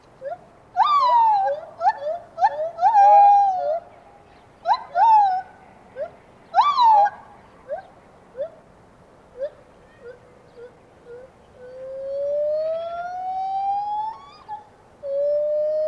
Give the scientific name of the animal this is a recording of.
Hylobates lar